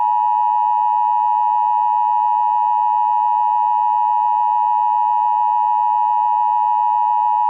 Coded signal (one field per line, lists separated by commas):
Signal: Emergency Alert System (SAME) tones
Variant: 853 and 960 Hz attention tone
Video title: EAS Tornado Warning but by me